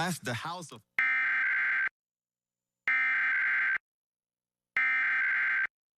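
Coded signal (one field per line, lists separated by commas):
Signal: Emergency Alert System (SAME) tones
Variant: header bursts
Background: speech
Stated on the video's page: Required Monthly Test EAS tones.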